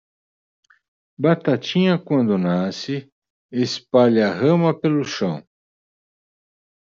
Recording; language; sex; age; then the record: short text; Brazilian Portuguese; male; 60 to 69 years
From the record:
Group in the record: control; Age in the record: 66 years